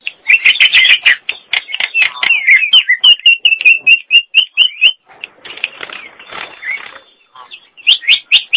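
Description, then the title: Nias hill myna song: dense harsh chatter, then a run of quick whistled notes, followed by softer scratchy sounds and a last loud burst. "Jalak Nias"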